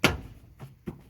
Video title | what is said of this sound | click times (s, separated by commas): Replacing the Rear Bumper - 2001 Dodge Ram 1500 | There we go. That's locked in. | 0.0 s